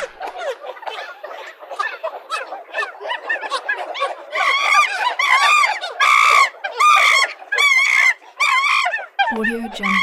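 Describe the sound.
Monkey calls: a rapid run of short harsh notes that swells into loud, nasal, harmonic honking cries with rising-and-falling pitch, ending in a lower grunt.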